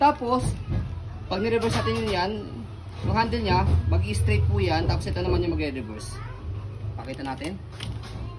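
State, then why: Not seated. Someone talks while handling the reversible handle on an Aprica Luxuna Bitte stroller frame, getting ready to flip it over, which sets the wheel swivel lock for easy left-and-right maneuvering. Nothing has clicked or locked into place yet when the clip ends.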